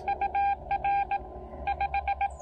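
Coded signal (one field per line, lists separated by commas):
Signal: Morse code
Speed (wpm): 20 wpm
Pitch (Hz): 800 Hz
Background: none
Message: UR 5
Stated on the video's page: CW Parks on the Air activation with a Xiegu X6100 on 20, 17, 30 and 40 meters, with overloading on 17 meters.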